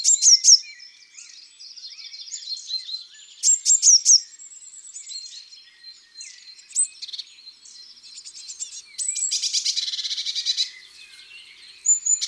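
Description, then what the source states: Eurasian blue tit calls: scattered high thin notes and short trills, then a longer buzzy churring rattle near the end, followed by more thin notes. Garden bird.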